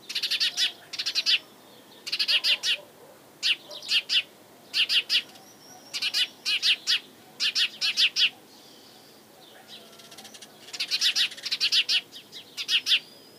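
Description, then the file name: House sparrow calling: persistent loud chirps in quick clusters of two to four, nearly continuous chatter with brief pauses. "Passer domesticus"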